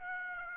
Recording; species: mosquito wingbeat signal from an infrared sensor; Aedes aegypti